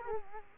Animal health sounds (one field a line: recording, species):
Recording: mosquito wingbeat signal from an infrared sensor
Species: Culex quinquefasciatus